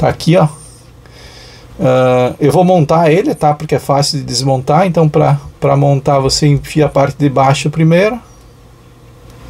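The bottom of a cassette sensor switch part is inserted into its mount in the tape deck mechanism of an Inkel CCD-701 and lined up before the top is pressed home. Someone talks throughout, with a brief faint sound near 1.1 s. Nothing has seated or clicked yet.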